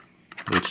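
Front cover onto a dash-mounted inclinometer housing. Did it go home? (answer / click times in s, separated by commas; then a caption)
yes / 0.3 s, 0.5 s. A plastic front cover is pressed back onto the housing of a dash-mounted Rugged Ridge 13309.02 inclinometer after adjustment inside. Quiet handling leads into short sharp snaps at 0.3 s and 0.5 s, followed by a louder burst of handling noise. The cover snaps back into place and is seated.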